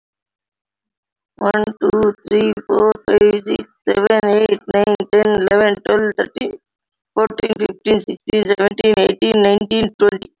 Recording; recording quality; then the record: counting at a fast pace; excellent, no background noise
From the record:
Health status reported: healthy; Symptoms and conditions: diabetes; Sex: female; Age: 46 years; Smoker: not ticked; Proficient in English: yes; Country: India